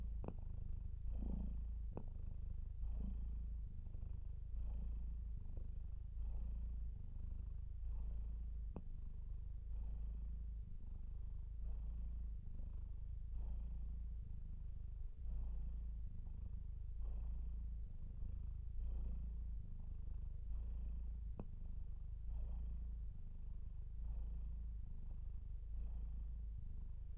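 Bilbo the cat purrs steadily for the whole stretch, a low, rumbling throb that pulses in a regular in-and-out rhythm about every second. Faint soft clicks and small rustles appear now and then over the deep, continuous purr.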